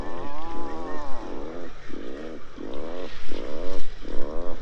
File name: lunda hangja